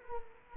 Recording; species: mosquito wingbeat signal from an infrared sensor; Culex quinquefasciatus